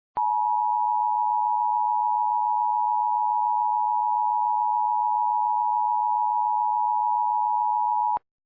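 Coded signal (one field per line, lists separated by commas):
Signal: Emergency Alert System (SAME) tones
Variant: 853 and 960 Hz attention tone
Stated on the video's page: Requested fictional EAS scenario for a Georgia power plant emergency, not real.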